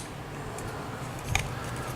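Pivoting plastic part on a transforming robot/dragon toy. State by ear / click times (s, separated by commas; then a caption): seated / 1.3 s. A plastic part on a Transformers The Last Knight Leader Class Dragonstorm robot/dragon figure is pivoted to the side during transformation, with low steady background noise and faint handling rustles. A small, sharp plastic click at 1.4 s marks the part seating into position.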